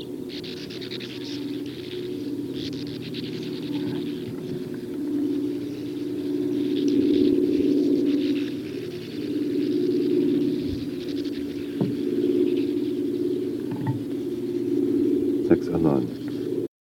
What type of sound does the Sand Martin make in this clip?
alarm call